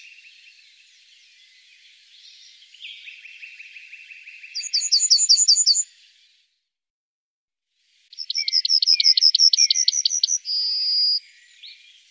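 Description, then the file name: Yellowhammer singing twice: a short run of repeated chips, then a longer run closing with a sustained flat note; a lower buzzy trill comes before. "Goldammer"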